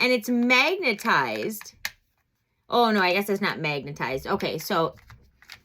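Someone talks while handling the small hidden brush compartment drawer in the base of a plastic blush compact, about to push it back into place. A couple of faint light taps come near 5.4 and 5.5 seconds, but the compartment has not clicked shut or seated yet.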